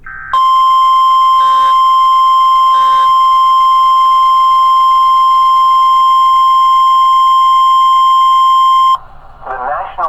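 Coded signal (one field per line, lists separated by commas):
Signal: Emergency Alert System (SAME) tones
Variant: 1050 Hz attention tone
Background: speech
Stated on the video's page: Tornado Watch EAS alert.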